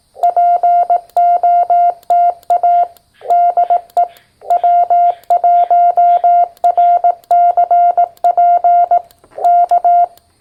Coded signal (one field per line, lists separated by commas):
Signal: Morse code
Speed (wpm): 18 wpm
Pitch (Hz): 700 Hz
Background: none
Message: POTA DE W1RCP K